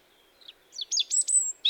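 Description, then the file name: European robin singing a brief phrase of thin descending slurs and high sharp notes, ending on a bright high note, otherwise quiet. "Erithacus rubecula"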